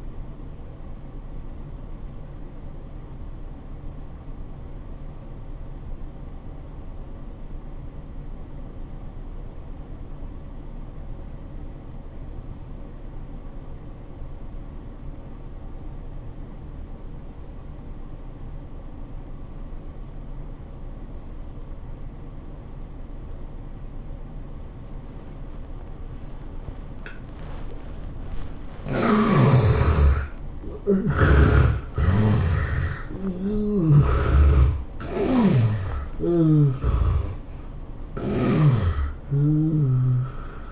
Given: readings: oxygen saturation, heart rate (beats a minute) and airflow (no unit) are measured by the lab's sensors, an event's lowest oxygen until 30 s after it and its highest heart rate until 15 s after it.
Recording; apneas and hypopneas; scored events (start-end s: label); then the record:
breathing in sleep by a smartphone at the bedside; 1
3.00-29.50 s: obstructive apnea (N2, oxygen 97% highest, then 72% lowest, heart rate 90 at the start, 109 highest)
36.00-40.71 s: new sleep stage, N1 (lightest sleep)
From the record:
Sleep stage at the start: N2 (light sleep); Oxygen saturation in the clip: 73 to 97%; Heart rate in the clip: 76 to 109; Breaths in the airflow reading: 3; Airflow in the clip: -16.7 to 17.6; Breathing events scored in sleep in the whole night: 403 in 5.5 hours asleep